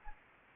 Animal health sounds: mosquito wingbeat signal from an infrared sensor; Anopheles gambiae

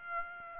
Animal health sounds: mosquito wingbeat signal from an infrared sensor; Aedes aegypti

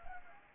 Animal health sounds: mosquito wingbeat signal from an infrared sensor; Anopheles gambiae

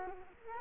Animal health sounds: mosquito wingbeat signal from an infrared sensor; Culex quinquefasciatus

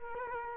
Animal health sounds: mosquito wingbeat signal from an infrared sensor; Culex quinquefasciatus

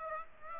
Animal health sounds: mosquito wingbeat signal from an infrared sensor; Aedes aegypti

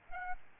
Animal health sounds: mosquito wingbeat signal from an infrared sensor; Aedes albopictus

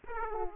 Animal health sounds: mosquito wingbeat signal from an infrared sensor; Aedes aegypti

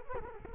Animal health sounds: mosquito wingbeat signal from an infrared sensor; Culex quinquefasciatus

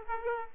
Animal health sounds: mosquito wingbeat signal from an infrared sensor; Aedes aegypti

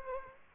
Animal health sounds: mosquito wingbeat signal from an infrared sensor; Aedes aegypti

